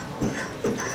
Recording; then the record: coughing mixed with background sound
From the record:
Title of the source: Spring Cold Coughing 3